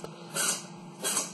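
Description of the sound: Two short, hissy bursts of air about 0.7 seconds apart rise out of quiet room noise. They sound like a pair of small, soft sneezes, with no voice or other sound around them.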